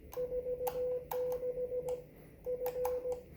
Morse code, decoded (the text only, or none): 46 F